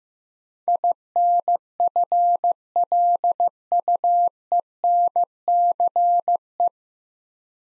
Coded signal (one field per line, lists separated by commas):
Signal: Morse code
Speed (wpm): 15 wpm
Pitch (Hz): 700 Hz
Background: none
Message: INFLUENCE